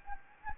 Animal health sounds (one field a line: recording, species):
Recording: mosquito wingbeat signal from an infrared sensor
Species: Anopheles gambiae